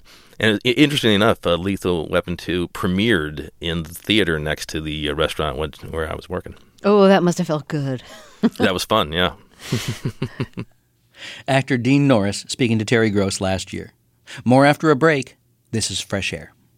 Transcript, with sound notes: And interestingly enough, the "Lethal Weapon 2" premiered in the theater next to the restaurant where I was working.
Oh, that must have felt good.
That was fun, yeah.
(LAUGHTER) Actor Dean Norris, speaking to Terry Gross last year. More after a break, this is FRESH AIR.